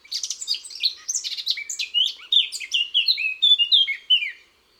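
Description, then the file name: Eurasian blackcap song: scratchy, hurried chatter at the start that swells into clear, loud, downward-slurred whistles before ending abruptly. "Fauvette a tete noire"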